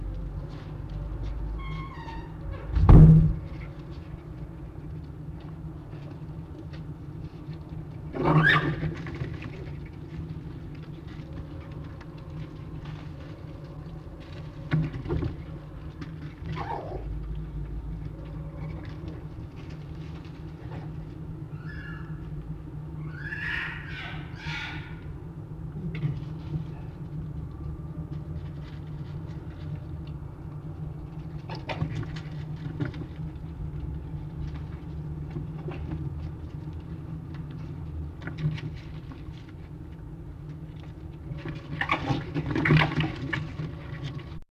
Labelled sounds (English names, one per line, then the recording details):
Red Fox
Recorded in captivity
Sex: male
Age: adult
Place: Zoologisches Institut der HUB, Berlin, DE
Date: 1955-10-19 19:45
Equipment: 19 cm Halbspur
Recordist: Tembrock, Günter
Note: Band F 221-6: Jau (gegen Moppel, Futterverteidigung): stimmhaftes LKK(?), das zweimal (dazwischen in 8 gegen Fritz: Drohwinseln)